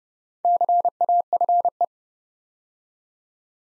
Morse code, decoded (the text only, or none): CAFE